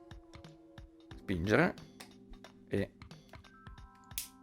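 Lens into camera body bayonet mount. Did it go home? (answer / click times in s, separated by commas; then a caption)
yes / 4.2 s. A lens is lined up by its two dots, pushed onto the metal bayonet mount of a Canon AE-1 film SLR and turned until it locks, while someone talks. Small ticks and handling taps lead up to a sharp lock click at 4.2 s, and the lens is seated.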